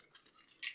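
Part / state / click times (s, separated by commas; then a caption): solar panel mounting piece onto its bracket / seated / 0.2 s. A mounting piece and its nut for the solar panel mount of a MIXXIDEA wooden smart bird feeder with camera are slid over the fitting onto the bracket. A short, hard plastic clatter is heard, and the piece locks into place at 0.2 s.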